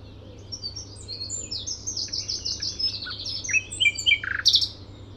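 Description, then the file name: Common nightingale song: a soft stream of high twittering notes building into louder varied chattering phrases at the end. "Luscinia megarhynchos"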